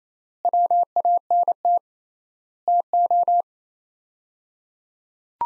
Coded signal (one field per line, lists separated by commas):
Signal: Morse code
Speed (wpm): 27 wpm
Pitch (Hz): 700 Hz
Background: none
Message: WANT TO